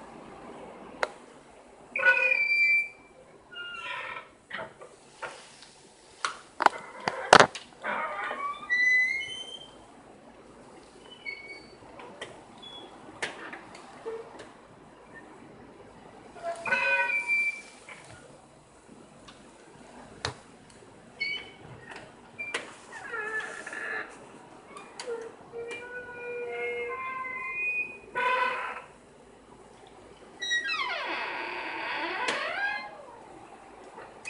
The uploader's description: adoor beingopened